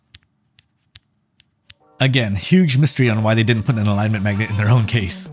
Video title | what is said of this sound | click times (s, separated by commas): Never Forget an SD Card Again // Peakzooc Butler Case | And when you're using this without a phone case or with a case that has an alignment magnet, it has a satisfying click. | 0.1 s, 0.6 s, 1.0 s, 1.4 s